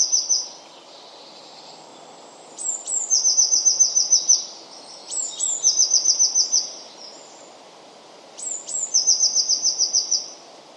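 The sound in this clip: Eurasian blue tit calling, each phrase a pair of very high thin notes followed by a rapid, level trill, given several times against a soft steady background hiss.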